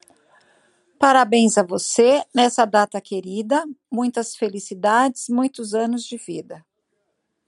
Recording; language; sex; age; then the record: short text; Brazilian Portuguese; female; 50 to 59 years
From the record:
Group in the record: control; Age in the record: 50 years